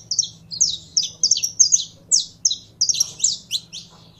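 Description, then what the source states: Canary song: quick bursts of high chirps and twittering notes, with short pauses between phrases and a faint low hum underneath. Belgian canary, described as pure Belgian stock, singing.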